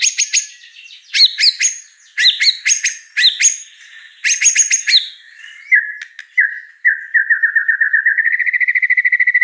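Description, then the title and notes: White-rumped shama song: rapid sharp, high chattering phrases, then lower slurred whistles ending in a long fast trill. Lure song (pancingan) of a prolific, chatty (gacor) bird with a rich repertoire of fill-in phrases (isian mewah). "Pancingan Gacor Murai Batu Bongkar Isian Mewah. Audio Murai Batu Dongfeng"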